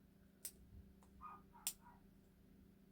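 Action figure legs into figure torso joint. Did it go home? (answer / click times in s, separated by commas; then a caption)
yes / 1.7 s. Plastic build-a-figure legs are pushed into an action figure's plastic torso joint until they pop in. A sharp click comes at 0.5 s, then softer handling noises, and a louder snap at 1.7 s as the legs click into the joint and seat.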